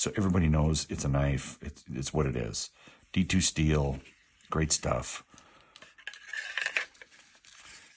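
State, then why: Not seated. Someone talks while handling an ODENWOLF W Flat fixed-blade knife with a D2 steel blade near its sheath. After the talking, a few small, sharp handling sounds are heard between about 6.1 and 6.8 seconds. The knife has not yet snapped into its sheath; nothing has seated or clicked yet.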